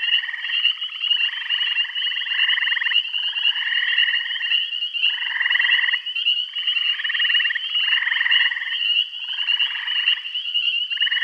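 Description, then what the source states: Frogs trilling in rapid pulsed bursts about a second long, repeated and overlapping in a busy chorus over a steady shrill background tone. Bath County.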